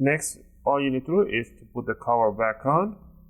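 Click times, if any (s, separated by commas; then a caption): none. The plastic bottom cover of an Acer Aspire 5 A514-54-356A laptop is being put back on, ready to be pressed so its clips snap into the palm rest. Someone talks throughout, and no click is heard. Nothing has seated or clicked yet.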